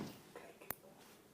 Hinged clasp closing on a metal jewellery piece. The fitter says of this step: don't know if you just heard that, but it just, a little click shut.